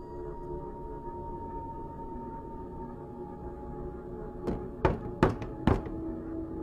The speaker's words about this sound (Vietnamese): Tiếng gõ cửa vang lên.